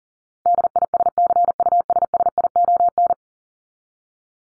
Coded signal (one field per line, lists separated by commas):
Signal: Morse code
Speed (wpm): 40 wpm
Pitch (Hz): 700 Hz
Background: none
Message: DISCUSSION